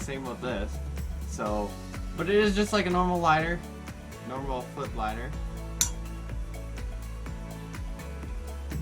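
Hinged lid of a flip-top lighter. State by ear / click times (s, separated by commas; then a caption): released / 5.8 s. Someone talks over music while the hinged metal lid of an oversized Zippo flip-top lighter is flipped open. It lands with a sharp metallic click at 5.8 s, followed by a few fainter ticks.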